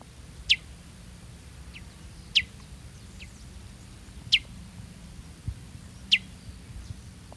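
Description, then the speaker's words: Peruvian meadowlark short calls, sharp high downslurred chips repeated roughly every two seconds, with fainter notes between, over low steady background hiss. Two birds in Ecuador giving a short call rather than a song. "Here's another couple of Peruvian meadowlarks in Ecuador. This time, the sound we're hearing is a short call rather than a song."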